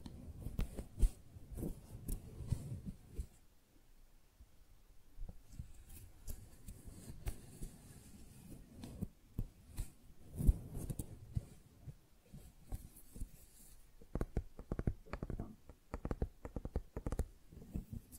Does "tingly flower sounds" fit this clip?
yes